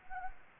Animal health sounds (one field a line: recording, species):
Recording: mosquito wingbeat signal from an infrared sensor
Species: Anopheles gambiae